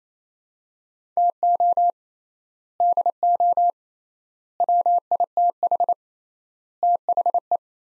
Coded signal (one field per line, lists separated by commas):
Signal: Morse code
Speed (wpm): 28 wpm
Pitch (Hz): 700 Hz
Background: none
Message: TO DO WITH THE